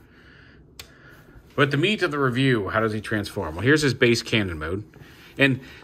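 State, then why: Seated. A small plastic matrix accessory is plugged onto a chain on a Transformers War for Cybertron Leader Galvatron toy and seats with a sharp click at 0.8 s. Someone then talks.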